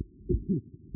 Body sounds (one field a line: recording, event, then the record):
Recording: neck accelerometer signal played as sound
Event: voluntary cough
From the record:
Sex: male